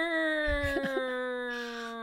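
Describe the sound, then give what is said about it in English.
A person imitates a whale's cry with one long, sustained, nasal wail that holds a steady pitch and sags slightly lower as it fades, with a few soft thumps underneath. “Insert sound of whales crying there instead of me doing that.”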